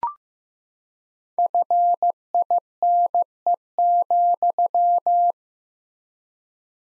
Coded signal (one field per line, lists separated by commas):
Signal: Morse code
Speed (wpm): 16 wpm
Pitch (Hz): 700 Hz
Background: none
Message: FINE,